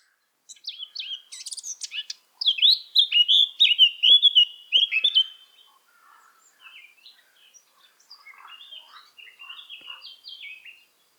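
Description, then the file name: Eurasian blackcap song: scratchy opening notes leading into a loud run of clear fluted whistles, then a quieter rambling warble. "Sylvia atricapilla"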